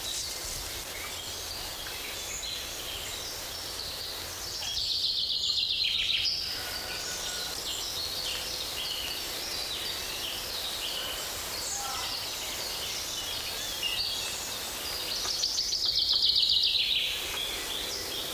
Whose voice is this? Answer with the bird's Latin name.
Fringilla coelebs